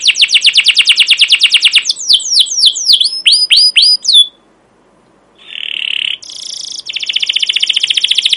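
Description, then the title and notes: Canary song: fast trill and sweeping chirps, a short silence, then a buzzy note and another rapid, even trill. Captive canary giving long, continuous chirping song, used as a training lure for young canaries learning to sing. "CUIT CUIT NGEROL LANGSUNG GACOR PANJANG Kenari Ini AMPUH Utk Pancingan KENAR. PANCINGAN Kenari GACOR PANJANG Cuit CUIT EMOSI ini AMPUH utk MASTERAN Kenari PAUD belajar BUNYI. burung kenari"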